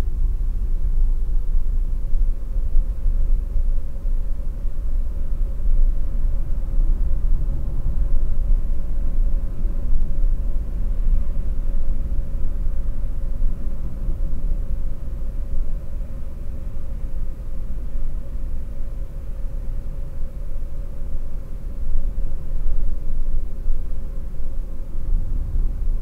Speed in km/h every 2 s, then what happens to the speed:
44, 48, 52, 55, 57, 56, 55, 53, 51, 49, 48, 46, 48.
0-8 speeds up to 57. 8-21 slows to 46.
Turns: none.